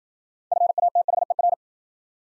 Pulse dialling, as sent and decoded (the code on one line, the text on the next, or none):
none